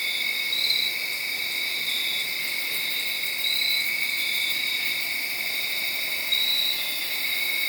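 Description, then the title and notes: Crickets in a dense chorus, steady high trilling bands with brief louder chirp bursts every few seconds over continuous night insect noise. Made around midnight, late Saturday night into Sunday morning, under a tree in Sharon, Pennsylvania. "Crickets (field recording). late on Saturday night/Sunday morning. The location was in Sharon, Pennsylvania, under a tree"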